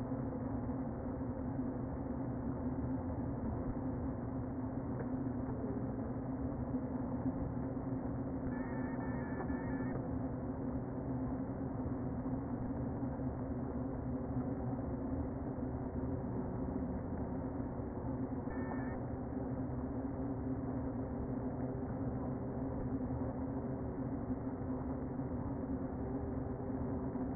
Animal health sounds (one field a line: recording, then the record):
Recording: honeybee colony, microphone inside the hive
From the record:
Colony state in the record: queen present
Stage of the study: before two queens were removed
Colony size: about 60,000 bees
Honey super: yes